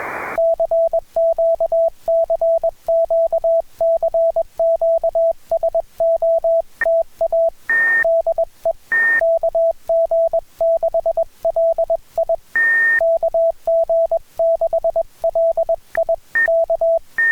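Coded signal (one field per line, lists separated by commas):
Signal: Morse code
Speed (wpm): 22 wpm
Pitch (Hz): 660 Hz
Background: radio noise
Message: CQ CQ CQ SOTA DE KG6LI KG6LI K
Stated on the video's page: CW from a summit activation of West Butte (W6/SD-529), restored recording.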